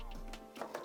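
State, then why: Not seated. The main scenery piece of a model railroad industry section is handled over the layout base, where magnets will pull it down into place. Short taps and knocks sound at about 0.3, 0.6 and 0.8 seconds over a steady low hum. Nothing has seated or clicked into place yet.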